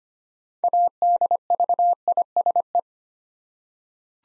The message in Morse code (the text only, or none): ADVISE